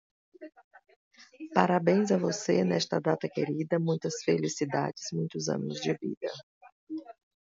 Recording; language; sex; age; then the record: short text; Brazilian Portuguese; female; 50 to 59 years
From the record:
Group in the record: control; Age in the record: 53 years